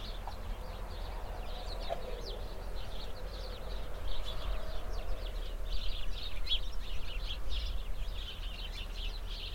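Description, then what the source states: Sparrows in dense, overlapping chatter, with wind noise in the background. Flock of sparrows in a bush near a cow pasture, Hupperdange, windy summer morning.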